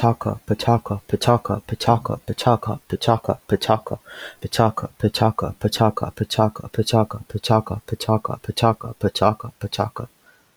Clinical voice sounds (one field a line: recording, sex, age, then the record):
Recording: repeated syllables /pa ta ka/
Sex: male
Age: 20 to 29 years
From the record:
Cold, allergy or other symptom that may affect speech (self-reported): no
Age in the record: 22 years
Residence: Georgia, United States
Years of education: 16